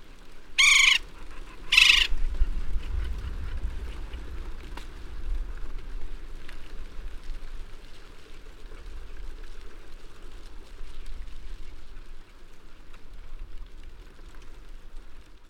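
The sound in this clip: West Indian woodpecker giving two quick harsh calls at the start, then a long stretch of low rumbling background noise.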